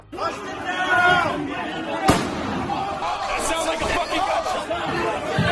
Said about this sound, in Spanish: Bueno, algunos seguidores llegan hasta el mismísimo hemiciclo, se sientan en los asientos de la presidenta de la Cámara de Representantes, se evacúa a la gente de allí y luego, en medio de esa tensión, hay disparos.